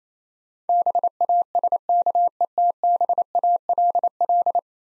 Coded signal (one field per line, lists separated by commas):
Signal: Morse code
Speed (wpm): 28 wpm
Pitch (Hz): 700 Hz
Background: none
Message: BASKETBALL